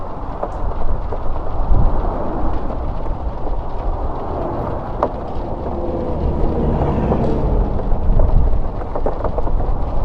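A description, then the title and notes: Steady, dense rain hisses over a deep low rumble, with brief clicks and a few swells suggesting cars passing around two and eight seconds. Pull The RV Over & Sleep at This Pit Stop Until The Rain Let's Up (With Cars Zipping by).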